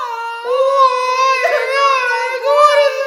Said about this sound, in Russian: Прибегают тут сестры старшие, подняли плач по всему дому.